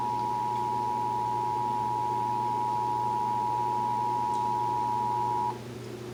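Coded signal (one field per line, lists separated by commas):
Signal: Emergency Alert System (SAME) tones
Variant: 853 and 960 Hz attention tone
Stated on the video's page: Texas Required Monthly Test heard on several radio and TV stations.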